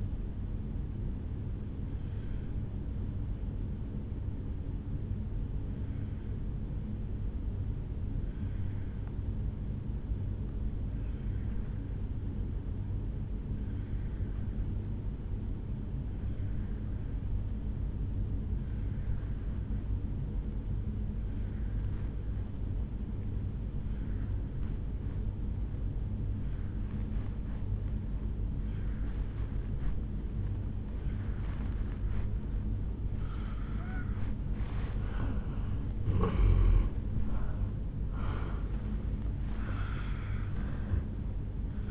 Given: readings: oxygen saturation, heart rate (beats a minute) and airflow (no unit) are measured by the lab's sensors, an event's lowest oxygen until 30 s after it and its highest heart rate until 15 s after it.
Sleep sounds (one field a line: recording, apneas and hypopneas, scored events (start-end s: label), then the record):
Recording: breathing in sleep by a smartphone at the bedside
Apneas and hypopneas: 1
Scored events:
3.00-34.80 s: obstructive apnea (N2, oxygen 97% highest, then 83% lowest, heart rate 55 at the start, 77 highest)
29.00-41.91 s: new sleep stage, N1 (lightest sleep)
From the record:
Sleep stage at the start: N2 (light sleep)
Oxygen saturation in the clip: 84 to 97%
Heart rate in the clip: 52 to 76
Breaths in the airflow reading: 3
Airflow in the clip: -16.3 to 8.6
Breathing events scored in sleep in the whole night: 449 in 7.0 hours asleep